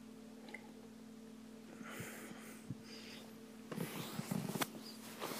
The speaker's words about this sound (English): Sorry, I had to get a sip of water just now.